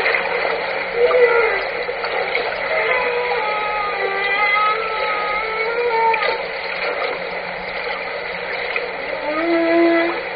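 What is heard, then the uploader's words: Humpback whale song: long wavering tonal moans sliding up and down over a dense steady hiss, with a low rising call near the end. First Orcasound recording of humpback song in Haro during January! This evening Val and Leslie Veirs of the Orcasound Lab node reported hearing humpback whale sounds.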